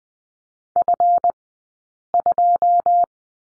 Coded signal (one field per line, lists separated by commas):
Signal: Morse code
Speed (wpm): 20 wpm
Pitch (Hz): 700 Hz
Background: none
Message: F2